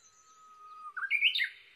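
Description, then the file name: Japanese bush warbler song: a long, steady whistled note that breaks into a quick, rising and falling warbled flourish at the end. Recorded 22 May 2011 at 05:43. "uguisu-20110522-0543"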